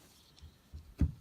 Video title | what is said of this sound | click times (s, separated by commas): Hot Wheels Star Wars Han’s Speeder | Just peg it in the port, hear that click, and | 0.4 s